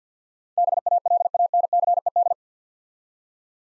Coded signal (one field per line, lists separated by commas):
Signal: Morse code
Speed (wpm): 50 wpm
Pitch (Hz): 700 Hz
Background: none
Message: BALANCED